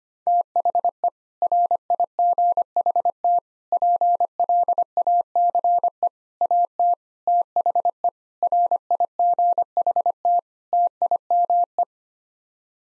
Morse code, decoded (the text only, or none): THE RIGHT PLACE AT THE RIGHT TIME